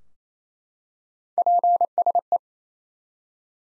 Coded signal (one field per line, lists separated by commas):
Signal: Morse code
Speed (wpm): 27 wpm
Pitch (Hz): 700 Hz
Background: none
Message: PSE